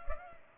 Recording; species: mosquito wingbeat signal from an infrared sensor; Culex pipiens